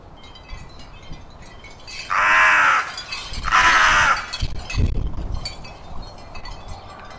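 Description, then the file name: Carrion crow uttering two grating caws, followed by scattered knocking and clattering sounds. "Corvus corone"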